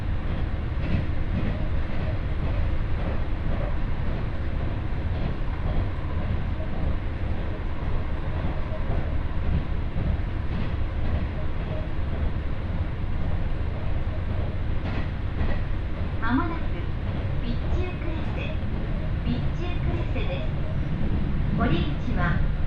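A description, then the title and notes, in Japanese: A ride on the Ibara Railway, with the train's steady, dense rumble running low and even for the whole stretch. Faint clatter rides on top, and short rising squeals cut in around 16 and 21 seconds, possibly wheels on a curve or faint voices. 耳で楽しむ鉄道旅 井原鉄道 早雲の里荏原→総社。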